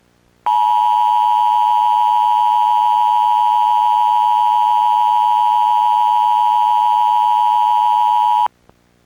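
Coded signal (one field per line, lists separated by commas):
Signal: Emergency Alert System (SAME) tones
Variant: 853 and 960 Hz attention tone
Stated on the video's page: Fictional EAS scenario, simulated alert about an anomaly-containment organization's collapse.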